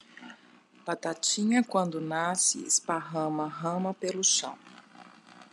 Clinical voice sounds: short text; Brazilian Portuguese; female; 40 to 49 years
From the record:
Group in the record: control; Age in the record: 48 years

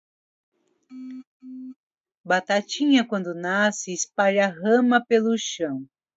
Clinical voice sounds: short text; Brazilian Portuguese; female; 50 to 59 years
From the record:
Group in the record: control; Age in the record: 58 years

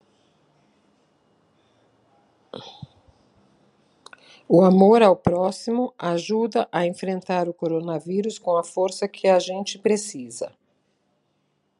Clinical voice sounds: spoken sentence; Brazilian Portuguese; female; 60 to 69 years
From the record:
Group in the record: control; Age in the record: 61 years

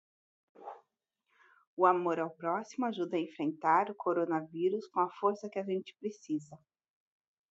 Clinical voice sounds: spoken sentence; Brazilian Portuguese; female; 40 to 49 years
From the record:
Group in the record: control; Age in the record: 47 years

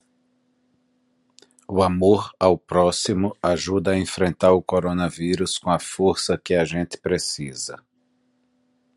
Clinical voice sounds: spoken sentence; Brazilian Portuguese; male; 40 to 49 years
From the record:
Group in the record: control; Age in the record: 48 years

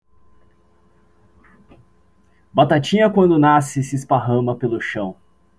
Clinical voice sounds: short text; Brazilian Portuguese; male; 20 to 29 years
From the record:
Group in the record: control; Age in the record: 24 years

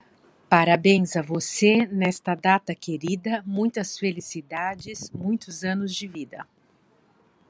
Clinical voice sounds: short text; Brazilian Portuguese; female; 50 to 59 years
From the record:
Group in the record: control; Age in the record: 55 years

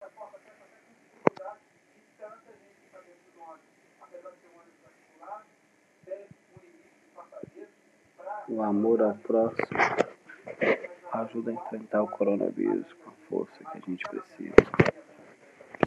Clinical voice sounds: spoken sentence; Brazilian Portuguese; male; 30 to 39 years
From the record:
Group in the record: control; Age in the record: 39 years

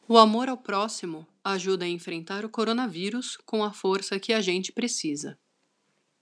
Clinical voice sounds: spoken sentence; Brazilian Portuguese; female; 40 to 49 years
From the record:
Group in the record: control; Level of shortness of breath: 0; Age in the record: 44 years

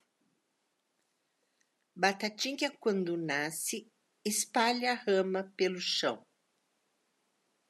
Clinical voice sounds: short text; Brazilian Portuguese; female; 60 to 69 years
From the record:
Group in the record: control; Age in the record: 64 years

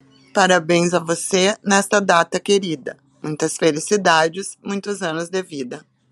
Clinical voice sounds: short text; Brazilian Portuguese; female; 50 to 59 years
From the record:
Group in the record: control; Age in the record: 54 years

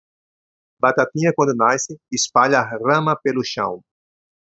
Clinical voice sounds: short text; Brazilian Portuguese; male; 50 to 59 years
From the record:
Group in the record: control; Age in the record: 59 years

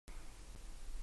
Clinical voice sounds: short text; Brazilian Portuguese; female; 20 to 29 years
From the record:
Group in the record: control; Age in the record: 29 years

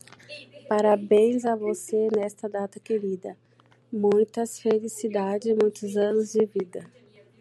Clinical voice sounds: short text; Brazilian Portuguese; female; 30 to 39 years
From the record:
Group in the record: control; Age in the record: 37 years

